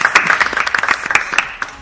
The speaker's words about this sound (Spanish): ¿Aplauso? Sí, se la ha currado.